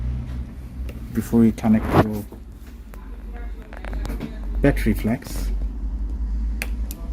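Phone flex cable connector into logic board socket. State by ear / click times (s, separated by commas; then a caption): seated / 6.6 s. During an iPhone XS screen replacement, a flex cable connector is pressed onto its logic board socket inside the phone while someone talks. A sharp click at 6.6 s shows the connector is fully seated and plugged in.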